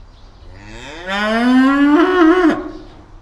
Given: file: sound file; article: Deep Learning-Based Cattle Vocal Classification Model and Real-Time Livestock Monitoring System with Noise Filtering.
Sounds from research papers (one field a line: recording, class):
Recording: cattle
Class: estrus call